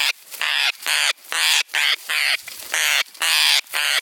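Parrot uttering a quick series of harsh, buzzy squawks, each a broad grating burst.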